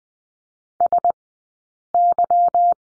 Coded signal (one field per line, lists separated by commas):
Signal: Morse code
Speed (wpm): 20 wpm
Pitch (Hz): 700 Hz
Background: none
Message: SY